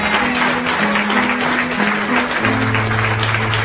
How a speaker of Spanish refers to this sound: Y amén. Ese aplauso de victoria, hermano.